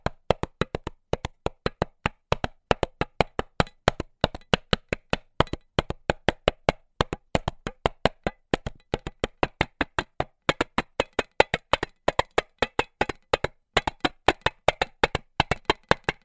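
A tin drum is struck in a quick, fairly steady rhythm, roughly four hits per second, with short groupings and brief pauses. Each hit is sharp and metallic, ringing bright with a clanging edge before cutting off quickly. Nothing else is heard.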